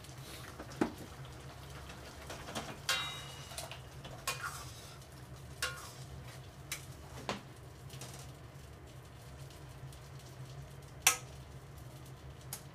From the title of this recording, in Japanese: 洗い物の後はえびそば